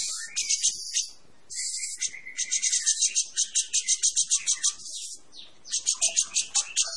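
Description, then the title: Cucak jenggot song: dense rattling high phrases with brief pauses, and a steady lower whistled note running underneath partway through. Persistent, long song ('gacor panjang'). "Cucak Jenggot Gacor 4. Suara Burung Cucak Jenggot Gacor Panjang"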